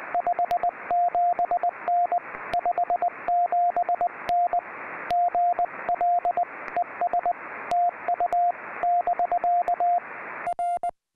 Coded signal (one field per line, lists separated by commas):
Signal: Morse code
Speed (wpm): 20 wpm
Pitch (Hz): 690 Hz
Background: radio noise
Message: 57N 57N GL ES TU <BK> R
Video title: Flying With Your Radio – And 4 Other Travel Tips for Summits on the Air